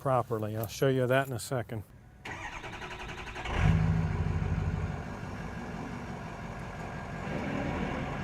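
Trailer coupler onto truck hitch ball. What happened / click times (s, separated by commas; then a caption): Handled, not yet home: the coupler has not snapped onto the hitch ball / none. Someone talks about a trailer's metal coupler that has not seated properly on the truck's hitch ball. At about 2.3 s the truck's engine starts, revs up near 3.7 s and settles into an idle so the truck can be moved slightly forward. Nothing has seated or clicked yet; the coupler has not snapped down onto the ball.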